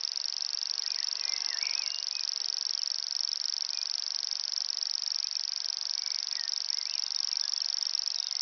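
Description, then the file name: Common grasshopper warbler reeling song, a continuous high, even insect-like trill held unbroken throughout, with faint scattered notes of other birds beneath. Recorded at Ystad, Sweden, in 2011. "Gräshoppsångare - Locustella naevia-Ystad-Sweden-2011"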